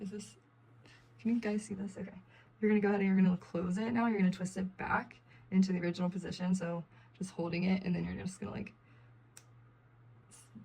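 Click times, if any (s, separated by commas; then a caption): 9.4 s. Someone talks while closing a metal jump ring on a lace hat chain by twisting it back into its original position and pivoting the wrist. A sharp little snap is heard at 9.4 s as the ring clicks closed and is secure.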